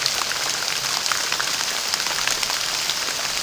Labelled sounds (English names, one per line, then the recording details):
none
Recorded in pastures near Puerto Asís, Putumayo, Colombia, on 25 June 2025 at 14:00
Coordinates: 0.497, -76.327
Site G040